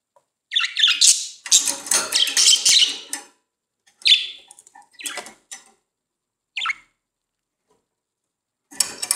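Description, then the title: Budgerigar chatter, scratchy squawking bursts early on, then a few isolated sharp chirps separated by silence. "Budgie Sounds"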